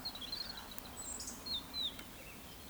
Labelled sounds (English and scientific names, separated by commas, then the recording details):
Eurasian Woodcock (Scolopax rusticola) whistle, Eurasian Woodcock (Scolopax rusticola) croak
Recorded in Baden-Württemberg, Germany, on 14 June 2020 at 19:57 UTC
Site 14569, 102 m above sea level